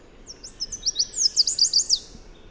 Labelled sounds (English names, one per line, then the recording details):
Chestnut-capped Warbler song
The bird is a male
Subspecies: delattrii
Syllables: 12
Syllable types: 10
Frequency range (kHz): 3.5-9.9 kHz
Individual MA-GSR-M